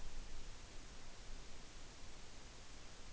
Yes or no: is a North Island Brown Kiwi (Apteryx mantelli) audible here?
no